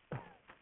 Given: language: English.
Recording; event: throat vibration sensor signal played as sound; cough